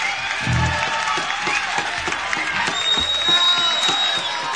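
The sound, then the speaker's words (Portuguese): A crowd shouts and cheers in a dense, continuous roar with scattered whoops and some clapping mixed in, staying loud and steady for the whole few seconds. “nessas sessões do Ronquinho aqui, a gente não monte uma rapaziada que fica esse clima, né? Gritaria.”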